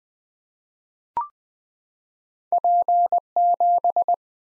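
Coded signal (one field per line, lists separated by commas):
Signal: Morse code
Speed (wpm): 20 wpm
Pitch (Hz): 700 Hz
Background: none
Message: P7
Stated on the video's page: 20 wpm head-copy practice of random two-character letter and number combinations, each sent in Morse, spoken, then sent again.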